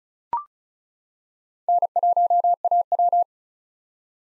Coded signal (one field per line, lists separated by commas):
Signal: Morse code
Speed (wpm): 34 wpm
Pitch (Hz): 700 Hz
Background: none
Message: N1AW